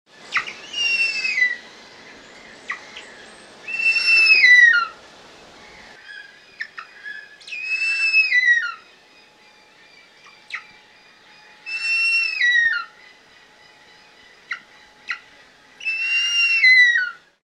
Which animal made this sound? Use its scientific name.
Harpia harpyja